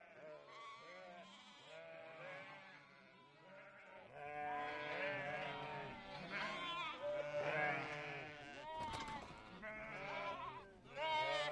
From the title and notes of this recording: This is a flock of sheep coming back to the yard in front of their barn after a day on the vast lush green pastures in easternmost Turkey close to the Georgian and Armenian borders. Behind the gate the hungry lambs are already waiting.